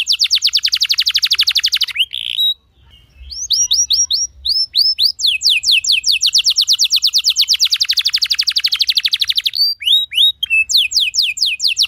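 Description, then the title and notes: Canary song: fast trills of repeated downward-sweeping high notes, broken by a brief pause near three seconds, then more rolling trills and slurred notes. Young canary; long-duration song used as a lure recording for training other birds. "Pancingan Kenari Muda Durasi Panjang. masteran kenari"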